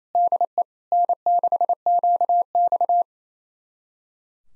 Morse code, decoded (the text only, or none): DE N6QX